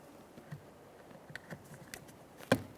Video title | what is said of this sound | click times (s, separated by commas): How to Replace Rear Window Switch 2012-2015 Honda Civic 1.8L L4 | Just go ahead and align that electrical connector. We'll press it in. Listen for a click. | 2.5 s